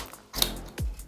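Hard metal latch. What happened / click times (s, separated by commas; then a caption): The mounting plate snapped into its latch / 0.4 s. A camera fitted underneath with an F38 quick-release plate is clipped into the quick-release base plate on a DJI RS3 Mini gimbal arm. After faint handling noise, a sharp, bright click is heard at 0.4 s, followed by a duller low knock around 0.8 s and soft handling. The plate seats in the base.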